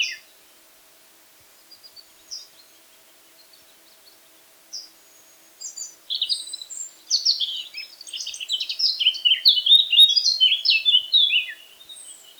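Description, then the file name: Eurasian blackcap song: sparse soft chips gradually building into a sustained, fast, loud warbling outburst of varied notes. "Sylvia atricapilla"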